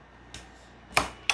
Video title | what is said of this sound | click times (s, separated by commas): Throne SRPNT Unboxing & Assembly. First E-moto/E-bike. @thronecycles3531 @RevRides360 | Latch it back. You're secure. | 1.0 s, 1.3 s